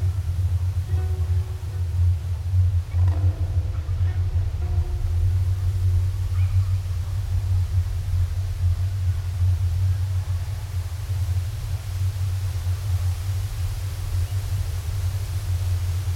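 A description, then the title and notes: A mountain soundscape above a village, dominated by a heavy, steady low rumble of wind with a thin hiss over it. In the first six seconds, faint humming tones rise and fade, then only the constant roar remains. The soundscape on a mountain above the village of Ngang Nội, Vietnam, was captured together with acoustic recordings of aeolian lute playing. My recording setup gave me a very detailed representation of the interaction between the wind and my instrument, and of any action I would perform.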